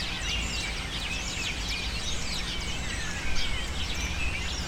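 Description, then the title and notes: Birds keep up shrill, overlapping screeches and short slurred whistles in a crowded chorus, with a deep steady background rumble and a brief louder burst near the end. Birds using cypress trees in the recordist's city as a refuge, screaming without stopping, especially in the afternoon. "Pájaros En La Fábrica. Muchos de los cipreses de mi ciudad se han convertido en el refugio de pájaros que, sobretodo por la tarde, gritan sin parar"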